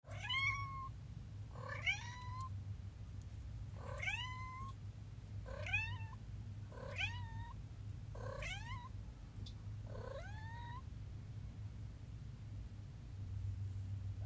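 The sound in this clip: Cat giving a series of seven rising meows, roughly one every one and a half to two seconds, over a constant low background hum.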